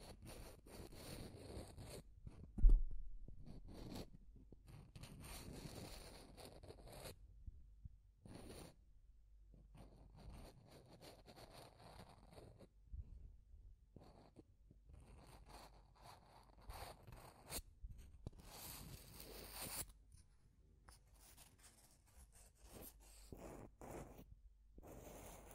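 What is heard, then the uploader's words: Deep scratching sounds come in uneven bursts of rough, zipper-like scraping and rubbing, separated by brief silent gaps. A sharp louder scrape stands out near the third second, and the rest stays fairly soft and irregular, with a faint low hum beneath. ASMR Deep Scratching. (No Talking).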